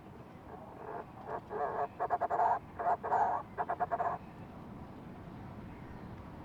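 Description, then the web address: Fulmar prion giving a rapid run of coarse, rattling croaks lasting about three seconds, then falling silent with only faint background hiss. "sound fulmar-prion. صدای-پرنده-پریان-بدبو"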